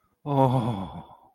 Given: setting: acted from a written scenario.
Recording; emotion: vocal sound without words; ecstasy